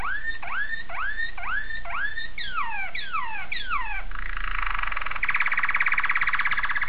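Domestic canary song: a series of upward-curving whistled notes, then downslurred notes, followed by a fast shimmering trill that grows louder.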